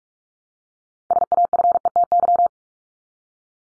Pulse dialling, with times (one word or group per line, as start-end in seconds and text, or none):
none